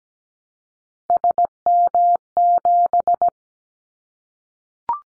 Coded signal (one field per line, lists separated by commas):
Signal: Morse code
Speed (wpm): 17 wpm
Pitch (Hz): 700 Hz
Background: none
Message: SM7